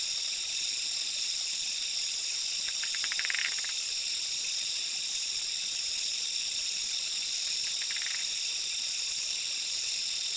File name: Quilticohyla zoque